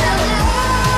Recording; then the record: coughing mixed with background sound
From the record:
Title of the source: female coughing - coughing sound effects girl